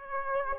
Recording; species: mosquito wingbeat signal from an infrared sensor; Aedes aegypti